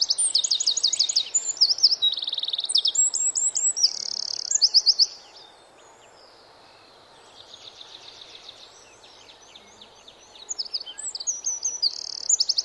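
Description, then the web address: Eurasian wren song: rapid ringing trills and sharp twitters in a long burst, a brief lull with faint high notes, then the loud trilled song resumes. "Bird Song Site Wren - Roitelet"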